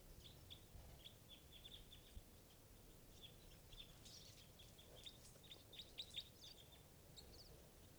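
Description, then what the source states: Red Crossbill flight calls, many short sharp chips from several birds overlapping throughout, over steady background hiss. Type 2 Red Crossbills, a large flock that has just come in.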